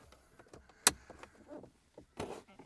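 A plastic bottom trim panel on the dashboard of a 2019–2025 Silverado/Sierra 1500/2500/3500 is pressed back into place while everything is reinstalled after a screen installation. A single loud, sharp snap at 0.9 s marks the clips seating, among quieter handling taps and a brief broadband rustle near 2.2 s. The trim panel is clipped in.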